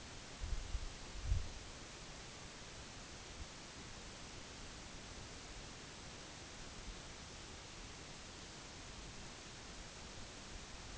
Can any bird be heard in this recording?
no